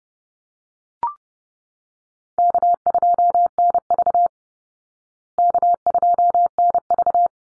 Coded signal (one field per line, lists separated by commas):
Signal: Morse code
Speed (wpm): 30 wpm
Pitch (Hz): 700 Hz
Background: none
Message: K2NV K2NV